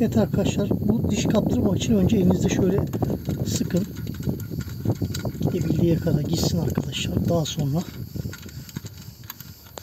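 A metal oil drain plug on a VW Polo 6R is screwed in by hand into the aluminium oil pan to catch the thread, letting it go in as far as it will before it is tightened with a wrench. Someone talks throughout while short, faint metallic ticks and scrapes come from the plug around 4.4–5.4 s and 8.3–9.8 s. The plug has not yet seated or been tightened.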